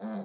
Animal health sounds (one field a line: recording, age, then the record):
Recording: pig call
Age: piglet (1 to 25 days)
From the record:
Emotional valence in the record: negative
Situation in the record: short isolation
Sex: male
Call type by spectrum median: low-frequency call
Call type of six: low-frequency modulated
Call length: 0.25 s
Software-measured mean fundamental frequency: 53 Hz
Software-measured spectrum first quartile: 209 Hz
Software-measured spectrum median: 334 Hz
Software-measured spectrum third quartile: 765 Hz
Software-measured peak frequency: 208 Hz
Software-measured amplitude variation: 65 dB a second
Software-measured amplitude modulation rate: 6.0 a second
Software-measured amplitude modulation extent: 10.8 dB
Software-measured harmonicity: 4.9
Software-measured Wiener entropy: -0.51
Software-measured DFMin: 1934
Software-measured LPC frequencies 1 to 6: 606, 1346, 4090, 5240, 6277, 6795 Hz